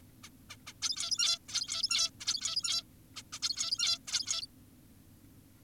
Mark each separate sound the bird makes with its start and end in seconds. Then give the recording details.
0.24-0.29, 0.50-0.56, 0.67-0.73, 0.82-1.38, 1.49-2.10, 2.20-2.82, 3.16-3.22, 3.33-3.39, 3.43-3.98, 4.08-4.46. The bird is an adult. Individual g17y2U